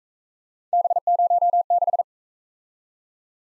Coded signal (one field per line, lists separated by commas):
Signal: Morse code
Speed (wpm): 43 wpm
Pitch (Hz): 700 Hz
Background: none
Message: B06